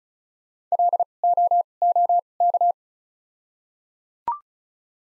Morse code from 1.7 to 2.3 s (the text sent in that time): O